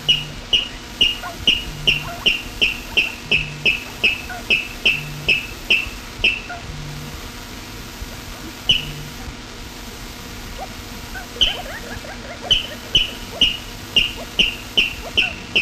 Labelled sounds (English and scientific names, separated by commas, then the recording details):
Water Rail (Rallus aquaticus) song
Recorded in the wild
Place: Illmitz, AT
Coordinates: 47.7544, 16.7631
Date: 1964-05-17
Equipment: Uher Report 4000, AKG D190
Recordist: Krey, Winfried